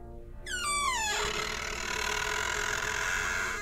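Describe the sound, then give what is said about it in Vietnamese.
A door creaks open with a long, high, wavering squeal that slides downward in pitch, followed by a sustained noisy grinding scrape that lingers to the end, with no voices. “Cái tiếng ken két kéo toàn bộ da gà da chó của tôi dựng cả lên.”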